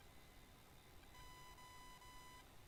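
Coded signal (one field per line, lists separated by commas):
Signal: none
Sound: aircraft cockpit warning beeps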